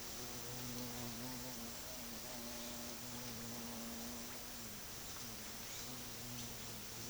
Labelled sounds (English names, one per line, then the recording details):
none
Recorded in secondary vegetation near Puerto Asís, Putumayo, Colombia, on 20 February 2024 at 10:30
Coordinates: 0.472, -76.331
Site G6371